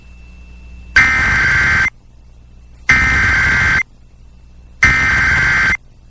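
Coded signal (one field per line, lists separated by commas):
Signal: Emergency Alert System (SAME) tones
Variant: header bursts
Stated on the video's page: Flash Flood Warnings from a weather service office relayed by FM stations; one recorded from a station's website live stream, the other via the TuneIn app on a Roku to a Zoom H1 recorder.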